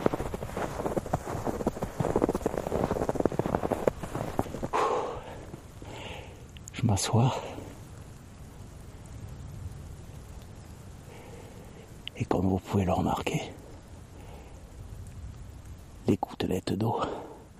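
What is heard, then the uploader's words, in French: Mountain sounds open with a dense, busy stretch of rustling, rain-like patter and murmuring voices for about four seconds. A quieter steady hiss then settles in, broken by short louder bursts near seven, twelve to thirteen, and sixteen to seventeen seconds. H1000 de Patrick Avakian propose, micro en main, une randonnée acoustique en montagne. On vous a mis Pyrénées et Québec au menu, neige à volonté.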